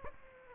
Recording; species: mosquito wingbeat signal from an infrared sensor; Aedes aegypti